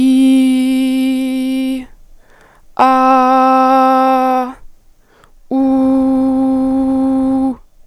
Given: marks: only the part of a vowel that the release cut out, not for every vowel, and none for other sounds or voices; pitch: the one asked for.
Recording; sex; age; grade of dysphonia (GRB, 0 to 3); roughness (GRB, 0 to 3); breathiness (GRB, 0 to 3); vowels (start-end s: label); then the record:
sustained vowels; female; 20 to 29 years; 0; 0; 0
0.00-1.71 s: vowel /i/, normal pitch
3.15-4.30 s: vowel /a/, normal pitch
5.59-7.42 s: vowel /u/, normal pitch
From the record:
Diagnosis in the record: healthy voice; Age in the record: 21 years